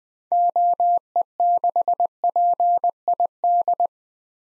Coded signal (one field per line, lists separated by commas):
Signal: Morse code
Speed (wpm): 20 wpm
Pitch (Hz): 700 Hz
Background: none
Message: OE6PID